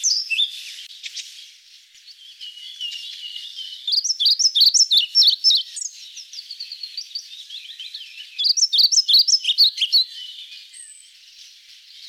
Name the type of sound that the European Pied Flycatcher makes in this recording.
song